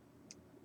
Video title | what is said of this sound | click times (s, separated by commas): Baader Hyperion 8-24mm Clickstop Zoom Mark III Part 1 | that clicks do it up closer to the microphone and the 20 | 0.3 s